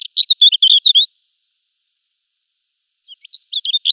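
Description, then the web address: African desert warbler song: a short burst of high, clipped warbling notes, a long pause, then a second softer phrase starting near the end. "Schulze Peter African Desert Warbler"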